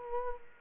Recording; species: mosquito wingbeat signal from an infrared sensor; Culex quinquefasciatus